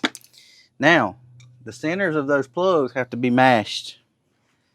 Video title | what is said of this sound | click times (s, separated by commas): How to Replace Cracked Manifolds on a 5th Gen Ram 5.7! | You'll hear couple clicks. It backs out. | 0.0 s, 0.1 s